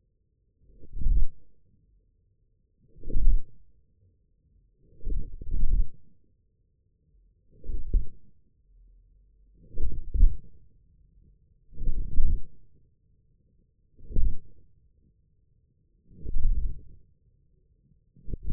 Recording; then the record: forearm muscle sounds (acoustic myography)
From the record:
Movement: wrist extension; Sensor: system 1, eight BSWA MPA416 microphones around the upper forearm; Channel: 5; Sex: male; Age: 41 years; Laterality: right